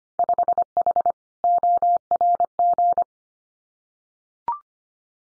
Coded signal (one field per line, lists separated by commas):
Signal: Morse code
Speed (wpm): 25 wpm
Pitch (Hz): 700 Hz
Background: none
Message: 5H ORG